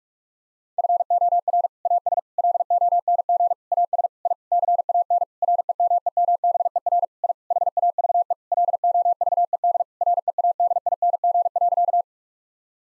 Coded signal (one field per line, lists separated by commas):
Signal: Morse code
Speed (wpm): 41 wpm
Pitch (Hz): 700 Hz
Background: none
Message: FOR AS LONG AS I CAN REMEMBER I HAVE LOVED READING.